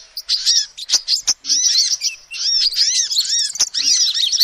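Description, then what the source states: Lovebird calls, piercing chirps and squeaks starting in separate bursts, then merging into steady rapid chatter. Lovebird call used as a lure to trap birds.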